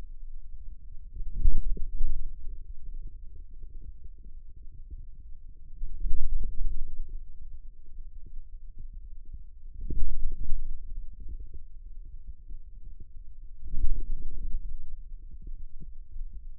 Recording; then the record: forearm muscle sounds (acoustic myography)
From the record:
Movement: outward rotation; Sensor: system 2, bracelet of six BSWA MPA416 microphones around the upper forearm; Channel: 6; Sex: male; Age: 22 years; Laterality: right